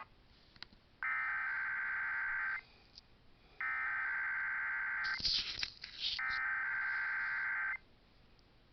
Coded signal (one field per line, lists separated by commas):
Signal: Emergency Alert System (SAME) tones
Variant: header bursts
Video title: KDKA EAS Test [EAS #608]